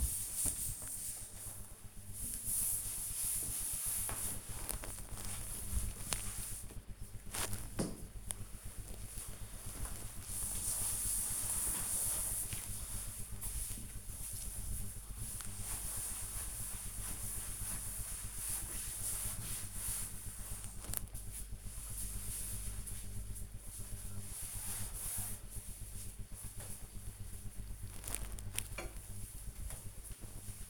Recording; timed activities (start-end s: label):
household activities, microphone on the right wrist
0.63-25.75 s: cleaning table